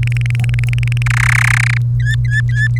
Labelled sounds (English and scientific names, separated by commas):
Domestic Canary (Serinus canaria) song